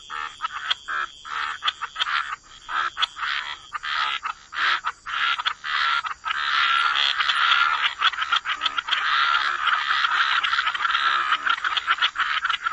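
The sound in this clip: Frog chorus starting with separate clicking croaks, then swelling into a steady dense stream of overlapping calls.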